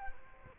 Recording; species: mosquito wingbeat signal from an infrared sensor; Culex quinquefasciatus